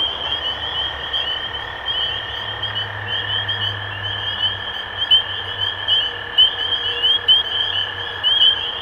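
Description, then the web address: Spring peeper chorus of high rising peeps, blurred at first and clearer later, over a steady lower tone and a faint low hum. Recorded 23 March 2012. "rob animals Peepers-2012-0323"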